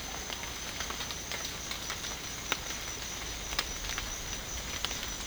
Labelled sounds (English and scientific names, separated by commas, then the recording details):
none
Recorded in dense forest near Puerto Asís, Putumayo, Colombia, on 24 June 2025 at 14:30
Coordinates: 0.499, -76.324
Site G100